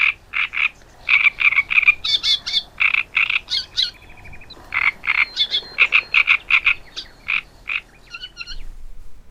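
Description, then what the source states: Great Reed Warbler song: harsh, grating notes repeated in quick bursts with short pauses, mixing raspy croaks with higher squeaky and creaking elements. Harsh, grating song said to carry for kilometres on calm summer nights, recalling rolling r-sounds, creaks and rattles.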